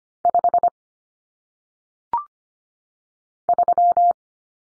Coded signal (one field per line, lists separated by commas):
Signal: Morse code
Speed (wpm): 25 wpm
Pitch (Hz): 700 Hz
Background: none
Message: 5 3